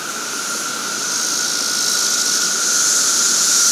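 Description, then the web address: Periodical cicadas in a massed chorus, a steady droning whine holding one pitch and swelling slightly louder throughout, with a higher hissing shimmer above. 17-year cicadas recorded in a capital city in 2024. "The Psychologically Ultimate 220 Year Cicada Bloom. 17 Year Capital City Cicadas"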